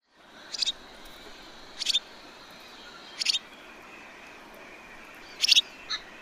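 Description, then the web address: Superb starling song: four brief harsh, chattering bursts spaced roughly a second or more apart, the last followed closely by a fainter one, with low hiss in between. "cantos estorninosoberbio"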